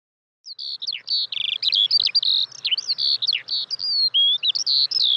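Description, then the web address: Eurasian skylark song starting after a brief silence, a rapid run of high twittering and trilled notes mixed with clear slurred whistles. "fugler sanglerke"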